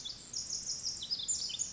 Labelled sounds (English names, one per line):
Pacific Wren